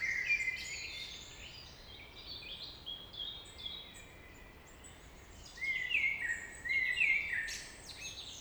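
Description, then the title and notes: Common blackbird singing rich whistled phrases at the start and again twice near the end, separated by quieter stretches of other birds' high twittering. Early evening in April 2019 in the Traouiero valley, Trégastel, France; one blackbird singing with other birds; recorded with an ORTF stereo microphone pair. "Vallée des Traouiero, Trégastel, France - Blackbird song [Valley Traouïero]. yponomeutaneko"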